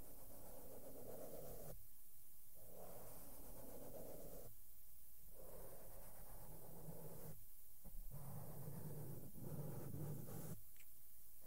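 Makeup brushes sweep over a microphone in soft, airy strokes, each lasting a second or two and separated by brief pauses near 2, 4.5, 7.5 and 10.5 seconds. The brushing is a steady hushing texture with a low, muffled rumble underneath.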